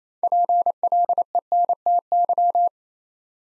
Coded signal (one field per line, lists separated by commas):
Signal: Morse code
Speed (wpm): 29 wpm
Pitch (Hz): 700 Hz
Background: none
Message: PLENTY